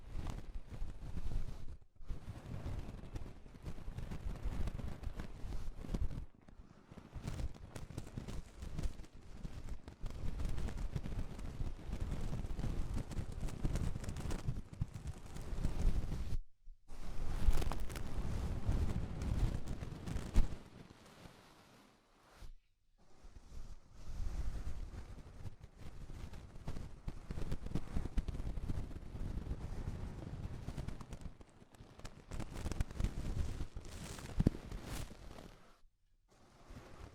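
Ear cleaning with rhinestone and clay removal: dense, rustling scraping in bursts, mostly low and muffled, broken by brief silences around 2, 17, 22 and 36 seconds.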